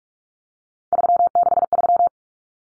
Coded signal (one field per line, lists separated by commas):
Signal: Morse code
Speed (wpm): 44 wpm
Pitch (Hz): 700 Hz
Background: none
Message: 363